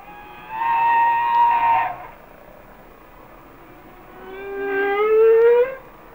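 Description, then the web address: Humpback whale song: a level, mid-pitched moan, a pause, then a lower moan sliding upward and growing louder before stopping. "Natures Songs Whale Songs Sounds of Nature - Humpback Whales"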